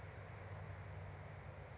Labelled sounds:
California Towhee (Melozone crissalis)
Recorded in Sonoma County, California

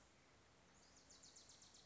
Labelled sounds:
Wilson's Warbler (Cardellina pusilla)
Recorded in Sonoma County, California

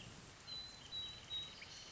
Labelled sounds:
Wrentit (Chamaea fasciata)
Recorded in Sonoma County, California

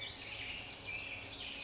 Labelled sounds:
California Towhee (Melozone crissalis)
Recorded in Sonoma County, California

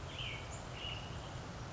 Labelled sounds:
American Robin (Turdus migratorius)
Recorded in Sonoma County, California

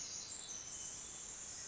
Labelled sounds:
Pacific Wren (Troglodytes pacificus)
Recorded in Sonoma County, California

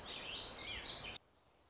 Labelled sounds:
Black-throated Gray Warbler (Setophaga nigrescens)
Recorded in Sonoma County, California

